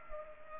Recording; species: mosquito wingbeat signal from an infrared sensor; Culex pipiens